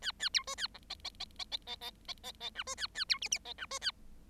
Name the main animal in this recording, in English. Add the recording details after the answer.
Bengalese Finch. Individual Bird7